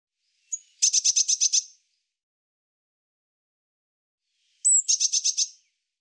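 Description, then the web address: Bird giving two high-pitched phrases about four seconds apart, each a short thin introductory note followed by a rapid series of six or seven clipped, buzzy notes. "Deverinetal"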